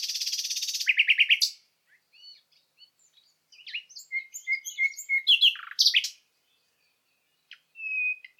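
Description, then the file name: Common nightingale song: a loud buzzy trill and rapid notes, then quieter scattered chirps and whistles with several short repeated notes, and a long whistle near the end. "Luscinia megarhynchos"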